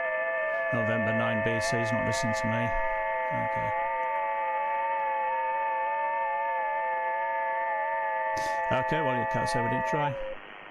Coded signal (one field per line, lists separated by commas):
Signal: FT8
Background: speech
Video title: Saturday night FT8 session on 15m, east coast USA is open !